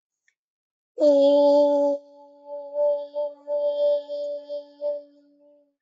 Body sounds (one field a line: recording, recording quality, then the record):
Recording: sustained vowel as in made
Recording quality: excellent, no background noise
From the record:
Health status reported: healthy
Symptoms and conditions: none ticked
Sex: female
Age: 33 years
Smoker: not ticked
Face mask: worn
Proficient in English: yes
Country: India